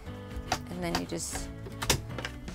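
A removable countertop extension panel for a 2023 Winnebago Revel Class B van is lined up with its galley mount and slid along while someone talks. It clicks into place at 1.9 s, seated and sturdy, with other sharp knocks around it and background music underneath.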